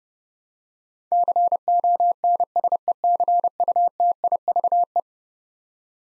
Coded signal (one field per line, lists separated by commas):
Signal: Morse code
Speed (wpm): 32 wpm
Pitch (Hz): 700 Hz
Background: none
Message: CONSECUTIVE